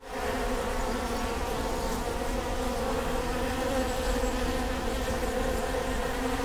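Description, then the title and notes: Honey bee hive drone fading in at the start, then a steady, dense low buzzing for the rest. Bee hive at Prinzessinnengarten II, Hermannstraße, Berlin, Germany; recorded with Sony PCM D50 and Primo EM172. "Prinzessinnengarten II, Hermannstraße, Berlin, Deutschland - bee hive. bee hive at Prinzessinnengarten (Sony PCM D50, Primo EM172)"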